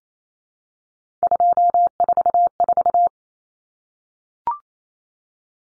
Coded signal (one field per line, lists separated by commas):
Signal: Morse code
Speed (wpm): 28 wpm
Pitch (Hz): 700 Hz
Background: none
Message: 244